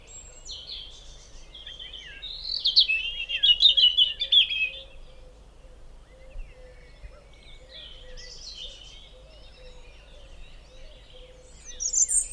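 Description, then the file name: European robin song: a bright tumbling phrase of rapid high notes, a pause, then a softer second phrase and a final high squeak, with faint background hum. "Erithacus rubecula"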